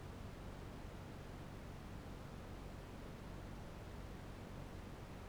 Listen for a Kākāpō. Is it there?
no